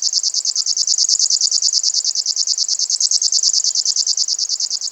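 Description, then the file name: River warbler delivering its sewing-machine-like song, a fast string of uniform high-pitched buzzy pulses sustained throughout. "sverchok rechnojj"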